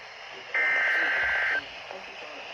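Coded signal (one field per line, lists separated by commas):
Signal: Emergency Alert System (SAME) tones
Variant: header bursts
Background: speech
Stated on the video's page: Destructive severe thunderstorm warnings received on NOAA Weather Radio.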